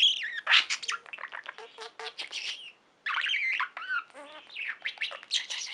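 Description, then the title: Budgerigar chatter: dense, rapid warbling with clicks, squeaky rising and falling notes and harsh bursts, almost continuous apart from a brief pause near three seconds. "Budgie Sounds"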